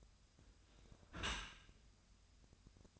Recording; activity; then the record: daily activity, microphone in the room; close dishwasher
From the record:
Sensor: 2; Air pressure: 1004.5 hPa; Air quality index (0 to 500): 118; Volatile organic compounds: 3 ppm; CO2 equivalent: 1431 ppm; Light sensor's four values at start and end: 6/15/6/6 and 6/15/6/6